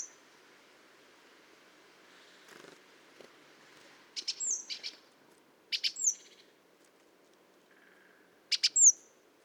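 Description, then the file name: Great tit calling: three short bursts of sharp, dry clicks, each carrying a thin high falling whistle, spaced by quiet stretches with a soft low background hiss. "Parus major"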